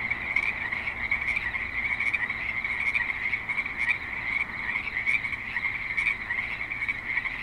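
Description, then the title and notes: Frogs croaking together in a thick, pulsing chorus that never pauses, a few sharper calls standing out above the steady mass. Frogs at a creek in suburban Spanish Springs, Nevada. "Frogs in Spanish Springs, NV - creek view. Frogs with light traffic and other suburban sounds"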